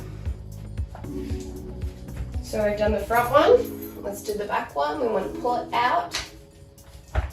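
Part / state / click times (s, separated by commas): rear stroller frame section locking in the widened position / seated / 7.1 s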